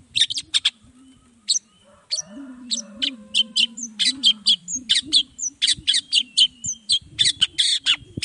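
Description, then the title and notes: Long-tailed shrike giving repeated harsh, scratchy notes mixed with short thin whistles over a steady low droning hum. Shrike's lively 'gacor' morning song with 'toet toet' sound variation, played to provoke other shrikes into responding quickly. "Cendet Gacor Dor Di Kala Pagi Toet Toet Variasi Suara. Cendet Gacor Langsung Nyaut Emosi Hanya dengan Sekali Putar Bikin Cendet Lainya Cepat Respon Bunyi. Burung cendet"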